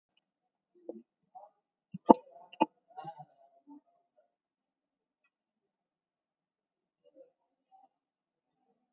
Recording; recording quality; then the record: shallow breathing; poor, much background noise or distortion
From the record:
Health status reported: COVID-19 positive, mild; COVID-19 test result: positive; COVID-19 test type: RT-PCR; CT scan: taken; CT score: 5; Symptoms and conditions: fever, fatigue, muscle pain, hypertension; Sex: male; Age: 42 years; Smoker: yes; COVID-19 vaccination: one dose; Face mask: worn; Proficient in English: yes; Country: India